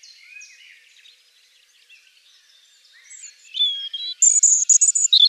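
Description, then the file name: European robin song: soft, scratchy warbling at first, then a clear, high whistled note and a rapid, shimmering high trill at the close. "Jeanchr Rochechr-chr Rougegorge"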